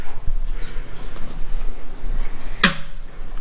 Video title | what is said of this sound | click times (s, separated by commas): HOW TO Install Truxedo Low Pro QT Tonneau Cover on your GMC Sierra | there's your clique and that means that it is in place | 2.6 s